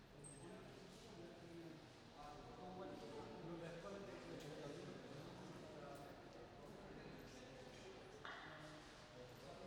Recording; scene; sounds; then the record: everyday scene through a hearing-aid microphone; reverberant space; background noise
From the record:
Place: railway station hall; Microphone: in the ear canal, right